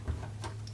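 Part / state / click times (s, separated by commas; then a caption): PCIe expansion card into motherboard PCIe slot / seated / 0.4 s, 0.7 s. An Inateck PCI Express USB 3.0 5-port expansion card is pressed, without forcing, into the bottom PCIe slot on a motherboard. Over a steady low hum, a sharp click sounds at 0.4 s and a second, shorter click at 0.7 s as the card snaps into place and seats.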